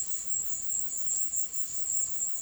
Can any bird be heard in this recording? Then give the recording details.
no. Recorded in pastures near Puerto Asís, Putumayo, Colombia, on 19 March 2025 at 16:00. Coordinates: 0.505, -76.324. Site GP08